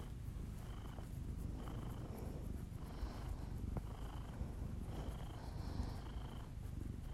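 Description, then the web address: Low, continuous cat purring with a soft throbbing texture, joined by slow in-and-out breathing and a faint high whistle. Pet cat purring, recorded alongside the owner's heavy breathing as ASMR audio. "Miss Because. Just Purrs [ASMR][Literally just my cat purring and my heavy breathing]"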